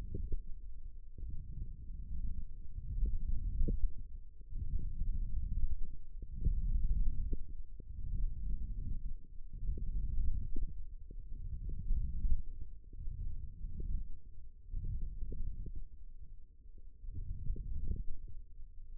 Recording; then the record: forearm muscle sounds (acoustic myography)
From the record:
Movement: hook grip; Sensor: system 1, eight BSWA MPA416 microphones around the upper forearm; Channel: 7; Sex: male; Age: 18 years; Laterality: right